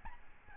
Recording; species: mosquito wingbeat signal from an infrared sensor; Aedes albopictus